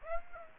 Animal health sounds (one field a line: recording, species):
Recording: mosquito wingbeat signal from an infrared sensor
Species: Aedes aegypti